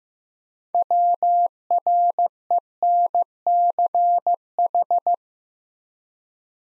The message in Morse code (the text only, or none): WRENCH